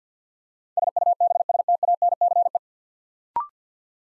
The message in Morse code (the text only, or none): SUBSTANCE